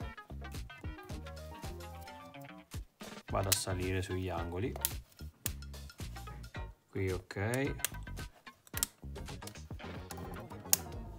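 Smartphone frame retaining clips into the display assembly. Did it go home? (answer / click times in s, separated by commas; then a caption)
yes / 8.8 s, 10.7 s. Over background music, someone talks while the plastic frame and back cover of a Samsung Galaxy A22 5G (SM-A226B) is pressed onto its new display assembly, working up from the bottom along the corners. Sharp plastic clicks ring out at 8.8 s and 10.7 s as the frame's retaining clips snap home into the display assembly, leaving the frame seated.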